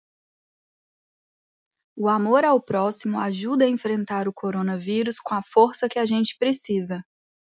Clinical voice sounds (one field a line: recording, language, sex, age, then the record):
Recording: spoken sentence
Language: Brazilian Portuguese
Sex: female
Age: 30 to 39 years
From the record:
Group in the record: control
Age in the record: 30 years